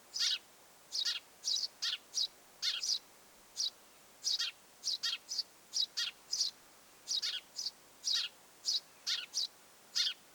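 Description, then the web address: Eurasian tree sparrow chirps: sharp, high chirps tumbling out in clusters of two or three, repeated throughout with brief gaps and no other sounds. Mother with nestlings in the nest; recorded 25 July 2026. "25 7 2026 pikkuvarpusemo ja poikaset pesassa"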